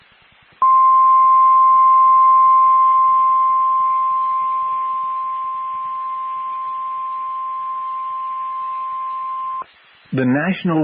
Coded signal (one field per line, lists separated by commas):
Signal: Emergency Alert System (SAME) tones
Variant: 1050 Hz attention tone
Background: speech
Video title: (RARE!) FOUR FIRE WARNINGS in Amarillo, TX! (FULL EAS TONES) (EAS #55-58)